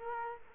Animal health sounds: mosquito wingbeat signal from an infrared sensor; Culex quinquefasciatus

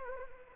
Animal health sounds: mosquito wingbeat signal from an infrared sensor; Anopheles arabiensis

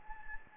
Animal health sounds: mosquito wingbeat signal from an infrared sensor; Anopheles gambiae

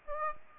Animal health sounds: mosquito wingbeat signal from an infrared sensor; Aedes aegypti

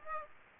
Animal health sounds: mosquito wingbeat signal from an infrared sensor; Aedes aegypti

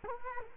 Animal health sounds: mosquito wingbeat signal from an infrared sensor; Culex quinquefasciatus

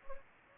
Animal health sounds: mosquito wingbeat signal from an infrared sensor; Anopheles gambiae

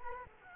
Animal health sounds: mosquito wingbeat signal from an infrared sensor; Culex quinquefasciatus

